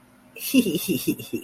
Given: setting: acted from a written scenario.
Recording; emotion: vocal sound without words; embarrassment